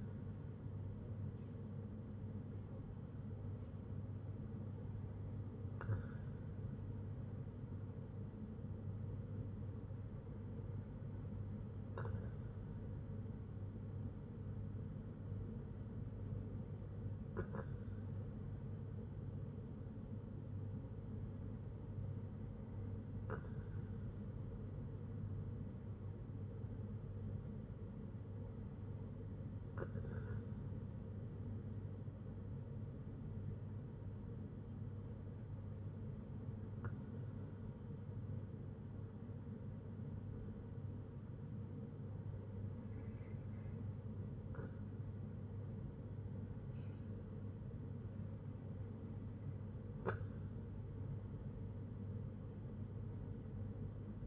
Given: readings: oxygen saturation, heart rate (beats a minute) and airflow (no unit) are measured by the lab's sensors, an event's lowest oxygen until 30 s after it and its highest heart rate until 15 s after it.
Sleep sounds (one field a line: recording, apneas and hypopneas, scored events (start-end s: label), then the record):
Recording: breathing in sleep by a smartphone at the bedside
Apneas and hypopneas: none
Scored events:
none scored
From the record:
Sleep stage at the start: N2 (light sleep)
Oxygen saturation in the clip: 94 to 95%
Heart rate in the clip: 58 to 66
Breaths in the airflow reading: 8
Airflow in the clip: -6.0 to 4.3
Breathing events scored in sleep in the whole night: 182 in 7.4 hours asleep